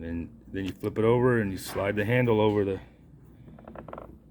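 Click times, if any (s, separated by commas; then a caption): 3.9 s. Someone talks as the replacement plastic inner door handle from a Dorman repair kit is flipped over and slid onto its arm on the driver's door panel of a 2010 Chevy truck. A quick series of faint, creaky mechanical clicks follows from about 3.6 to 4.0 seconds. The handle snaps and locks into place on the arm at 3.9 s, with no screws needed.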